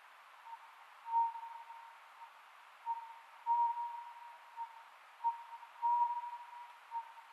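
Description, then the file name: Oriental scops owl, soft whistled hoots in pairs and triplets, repeated about every two and a half seconds over a faint hiss. Recorded 27 May 2010 at 22:21. "konohazuku-20100527-2221"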